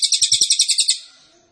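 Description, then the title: Cililin song: a short burst of quick, high, sharply repeated notes in a steady trill, lasting about one second and then fading. Cililin song, used to teach songbirds. "Cililin AMPUH. Masteran Burung cililin masteran sang juara"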